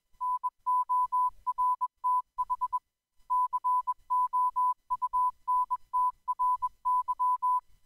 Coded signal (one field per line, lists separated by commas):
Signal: Morse code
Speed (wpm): 21 wpm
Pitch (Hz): 1000 Hz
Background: none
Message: NORTH COUNTRY